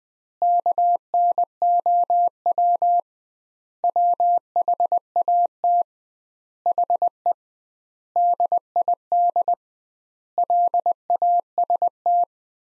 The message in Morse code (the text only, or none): KNOW WHAT HE DID LAST